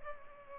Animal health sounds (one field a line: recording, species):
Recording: mosquito wingbeat signal from an infrared sensor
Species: Culex pipiens